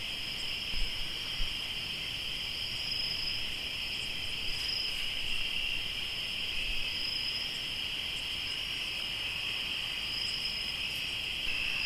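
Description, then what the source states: Crickets chirp in a dense, unbroken high-pitched chorus, layered tones holding steady, with a few faint clicks and low background noise. Crickets recorded in Tlayacapan, Morelos.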